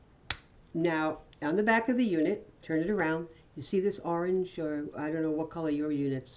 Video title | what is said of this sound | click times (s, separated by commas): Portable Nebulizer that Runs on 2 AA batteries | And we snap this back down. | 0.3 s